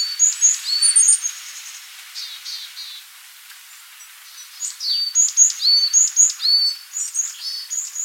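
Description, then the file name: Varied tit: a burst of high, thin notes, a short pause, then another lively series of sharp paired calls, with some softer downward slurs. "Parus varius"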